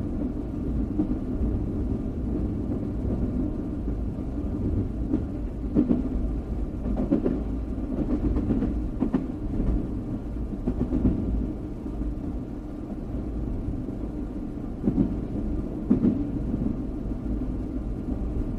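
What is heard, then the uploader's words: A train rumbles steadily along, a deep, dense low roar with faint rattling clanks scattered throughout and no clear break or change. Train Sound White Noise.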